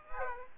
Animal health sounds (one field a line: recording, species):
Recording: mosquito wingbeat signal from an infrared sensor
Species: Aedes aegypti